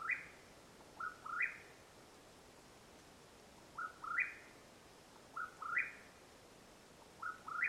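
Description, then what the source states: Mexican whip-poor-will giving its rolling whistled call several times, each a low note leaping to a higher burry slur, against a still, hissy background. Mexican Whip-poor-will call at nightfall, Madera Canyon, Arizona, USA, 21 April 2022.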